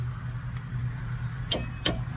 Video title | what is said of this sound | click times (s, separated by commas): Replacing brake & rotors on Uncle Plunketts 2013 Silverado | right there. Stop when it clicks. | 1.9 s